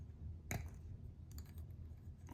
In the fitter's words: It just snaps into place